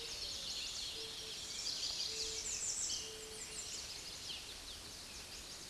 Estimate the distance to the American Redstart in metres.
about 40 m